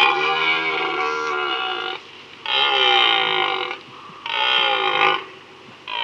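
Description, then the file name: Red deer roaring in three long, rough, harmonic bellows separated by short pauses, with a fourth beginning at the end. "Red Deer (Cervus elaphus)"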